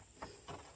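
A tail light bulb socket connector on a 2002 Acura RSX Type S is handled near its wiring harness while the tail light gasket is being replaced. Two soft, hollow knocks of handling are heard, around 0.2 and 0.5 seconds, over a steady background hiss. Nothing has seated or clicked yet.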